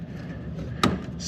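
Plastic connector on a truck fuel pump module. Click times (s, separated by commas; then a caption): 0.8 s. A plastic connector is pushed firmly back into place on the fuel pump module of a 2002-2005 Dodge Ram 1500 5.7 Hemi with a 26-gallon tank. Over a low, steady background, one sharp snap at 0.8 s shows the connector seating and locking on.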